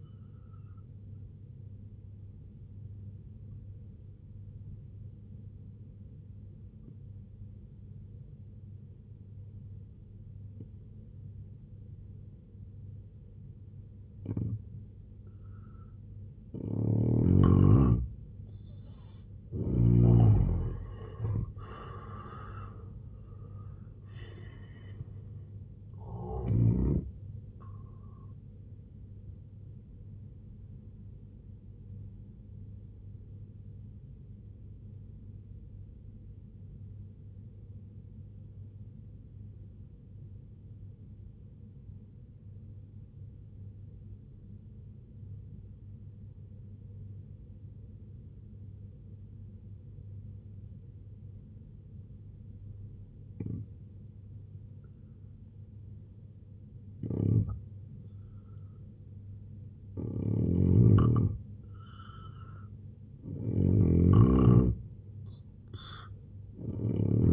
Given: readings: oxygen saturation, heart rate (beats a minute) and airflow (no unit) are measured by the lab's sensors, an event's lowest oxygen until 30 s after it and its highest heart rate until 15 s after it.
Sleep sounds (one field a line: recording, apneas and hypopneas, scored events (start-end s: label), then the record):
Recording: breathing in sleep by a smartphone at the bedside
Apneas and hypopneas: 2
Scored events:
3.00-19.60 s: obstructive apnea (N2, oxygen 91% highest, then 81% lowest, heart rate 72 at the start, 99 highest)
32.00-54.10 s: obstructive apnea (N2, oxygen 94% highest, then 82% lowest, heart rate 72 at the start, 81 highest)
From the record:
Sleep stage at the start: N2 (light sleep)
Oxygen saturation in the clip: 81 to 94%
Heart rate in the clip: 62 to 99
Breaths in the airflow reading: 6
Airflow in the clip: -12.3 to 10.4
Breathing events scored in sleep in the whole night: 258 in 7.4 hours asleep